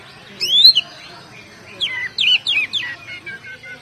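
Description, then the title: Oriental magpie-robin giving a clear rising whistle, then a quick series of descending slurred whistles and chirps. "Kacer"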